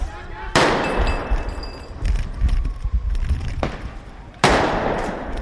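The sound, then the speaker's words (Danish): Powerful cannon-cracker firecrackers, thrown at police near Blågårdsplads around 3 pm, explode in loud, sharp blasts, three at irregular intervals, each with a crackling, echoing tail over a constant rumbling background of noise. “Jeg prøver lige at komme væk herfra, inden jeg bliver ramt af et kanonslag.”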